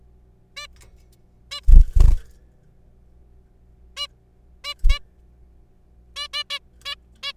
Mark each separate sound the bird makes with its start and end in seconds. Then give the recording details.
0.57-0.67, 1.51-1.60, 3.97-4.06, 4.64-4.74, 4.89-4.99, 6.16-6.28, 6.33-6.43, 6.50-6.59, 6.85-6.95, 7.23-7.32. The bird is a juvenile. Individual R3428